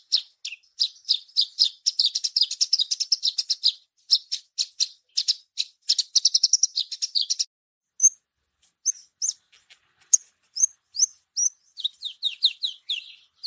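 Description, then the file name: Bushlark song starting with fast, buzzy, trilled chirps, then sparse thin whistled notes, ending in a run of quick descending chirps. Singing described as gacor, an Indonesian term for active, continuous song. "suara branjangan gacor mewah"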